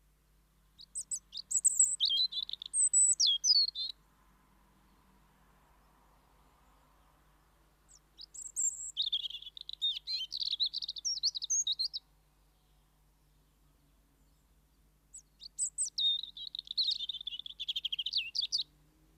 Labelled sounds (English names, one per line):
European Robin song